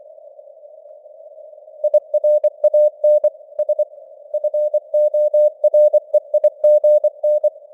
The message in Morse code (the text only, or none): IRAN S FOREIGN